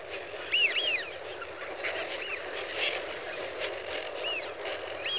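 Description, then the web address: Eurasian wigeon calls: clear arched whistles, a pair early on and more near the end, with softer overlapping notes from other birds and a constant rushing hiss. A flock of wigeon. "The BBC Sound Effects Library. Wigeon (Anas Penelope) Flock"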